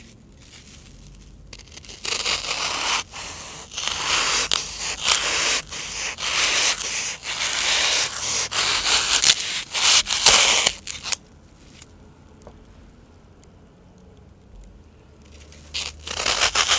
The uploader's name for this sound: Floral Foam (Crunchy Sounds)